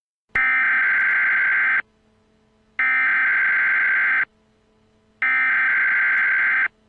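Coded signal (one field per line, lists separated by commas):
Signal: Emergency Alert System (SAME) tones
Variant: header bursts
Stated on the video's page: Fictional EAS scenario based on a game.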